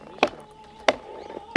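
Three sharp, heavy strikes of a dulled axe bite into wood at an even pace, about two-thirds of a second apart. Each is a loud, crisp thunk over a faint, steady background hum.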